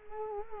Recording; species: mosquito wingbeat signal from an infrared sensor; Culex quinquefasciatus